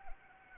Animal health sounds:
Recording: mosquito wingbeat signal from an infrared sensor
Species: Anopheles arabiensis

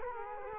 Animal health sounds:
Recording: mosquito wingbeat signal from an infrared sensor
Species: Culex quinquefasciatus

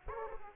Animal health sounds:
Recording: mosquito wingbeat signal from an infrared sensor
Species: Aedes aegypti

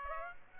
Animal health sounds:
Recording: mosquito wingbeat signal from an infrared sensor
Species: Aedes aegypti

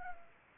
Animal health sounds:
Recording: mosquito wingbeat signal from an infrared sensor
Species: Culex pipiens

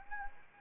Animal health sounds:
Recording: mosquito wingbeat signal from an infrared sensor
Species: Anopheles arabiensis

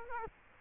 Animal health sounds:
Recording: mosquito wingbeat signal from an infrared sensor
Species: Culex quinquefasciatus

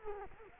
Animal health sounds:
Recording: mosquito wingbeat signal from an infrared sensor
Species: Culex quinquefasciatus

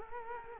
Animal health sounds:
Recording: mosquito wingbeat signal from an infrared sensor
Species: Culex quinquefasciatus

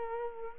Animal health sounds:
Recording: mosquito wingbeat signal from an infrared sensor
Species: Culex quinquefasciatus

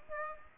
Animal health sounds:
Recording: mosquito wingbeat signal from an infrared sensor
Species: Aedes aegypti

